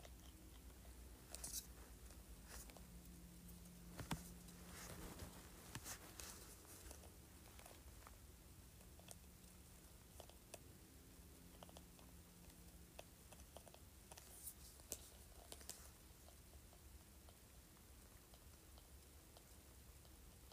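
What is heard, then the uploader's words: Scratching on a spray bottle lid makes a dense run of quick, dry, clicky scrapes and ticks, busiest in the first half and thinning out after about 16 seconds. A low steady hum sits underneath throughout, with brief faint tonal drones around 3–5 and 9–13 seconds. ASMR Scratching Spray Bottle Lid.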